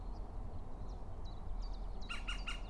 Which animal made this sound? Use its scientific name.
Phylloscopus collybita